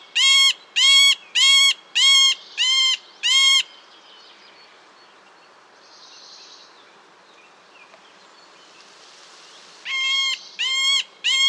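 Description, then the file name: Middle spotted woodpecker giving a run of six nasal, mewing notes at an even pace, a long quiet gap with faint background, then three more matching notes. "mellanspett"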